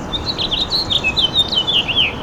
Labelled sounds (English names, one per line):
House Finch song